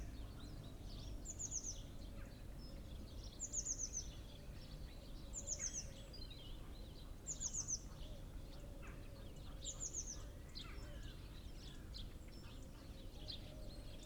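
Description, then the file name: Eurasian blue tit giving high, thin, quickly falling note series, repeated roughly every two seconds five times, with other birds chirping softly around it. "Cyanistes caeruleus"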